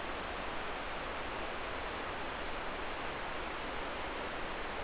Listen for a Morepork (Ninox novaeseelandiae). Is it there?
no